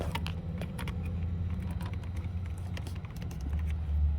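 A wiring connector is pushed onto a replacement power window switch, giving a few short, sharp taps and light rustling over a steady low hum. The plug does not latch because its locking tab has broken off, so nothing has seated or clicked yet.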